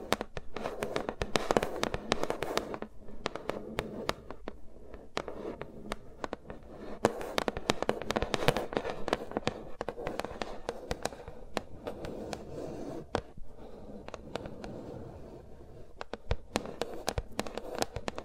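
ASMR fingers moving over the microphones, no talking. Dense, fast crackles and sharp taps pile up continuously for the whole stretch, with a soft rubbing hiss underneath. Bursts of louder clicks come irregularly, slightly thinning around the middle and near the end.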